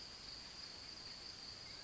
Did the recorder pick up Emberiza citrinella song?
no